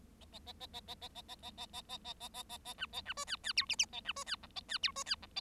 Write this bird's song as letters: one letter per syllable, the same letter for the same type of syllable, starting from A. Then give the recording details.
A A A A A A A A A A A A A A A A A A B A B C D D E F F A B C D G A D E C D G A. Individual Bird7